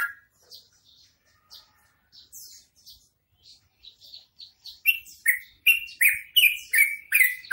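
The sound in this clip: Bird song beginning with soft scattered twitters, then swelling into loud, rapid, repeated chirps with harsh high overtones during the final seconds.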